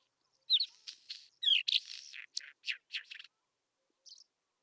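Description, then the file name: Isabelline wheatear song: a rapid, scratchy run of harsh notes mixed with squeaky whistles, lasting nearly three seconds, then a single soft note. Recorded at Telmen Nuur. "isawheat-1 telmen-nuur"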